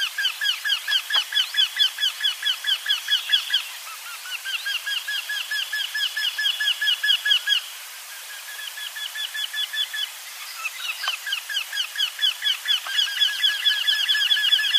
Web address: ljud Jynx